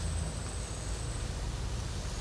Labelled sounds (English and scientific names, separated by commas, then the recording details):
none
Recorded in pastures near Puerto Asís, Putumayo, Colombia, on 20 December 2024 at 12:30
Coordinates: 0.466, -76.322
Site G040